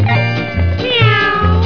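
Cat meowing: a drawn-out meow over a low, pulsing hum.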